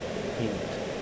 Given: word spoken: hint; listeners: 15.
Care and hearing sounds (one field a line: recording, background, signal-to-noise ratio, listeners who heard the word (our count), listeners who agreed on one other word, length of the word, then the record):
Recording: one English word in noise, from a listening test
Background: speech-shaped noise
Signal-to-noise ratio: -4.0 dB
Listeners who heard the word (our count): 7 of 15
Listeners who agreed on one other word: 7 of 15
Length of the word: 0.62 s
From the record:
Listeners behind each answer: 7, 7, 1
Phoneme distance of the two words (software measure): 17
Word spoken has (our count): 1 syllable, 4 phonemes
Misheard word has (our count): 1 syllable, 3 phonemes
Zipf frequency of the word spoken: 3.95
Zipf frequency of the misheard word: 4.76